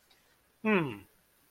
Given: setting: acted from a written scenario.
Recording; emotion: vocal sound without words; romantic love